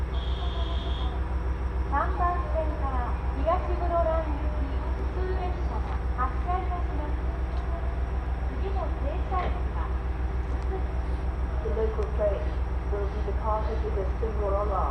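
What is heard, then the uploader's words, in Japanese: A ride aboard a train on the Muroran Main Line, with a steady, heavy low rumble running unbroken throughout. Voices talk on and off over the whole stretch, and a brief high beep sounds in the first second. 耳で楽しむ鉄道旅 室蘭本線 小幌→洞爺。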